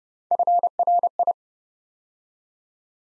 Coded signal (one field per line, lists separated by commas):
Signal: Morse code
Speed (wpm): 30 wpm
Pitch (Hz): 700 Hz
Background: none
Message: FRI